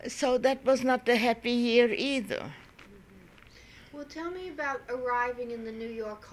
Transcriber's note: none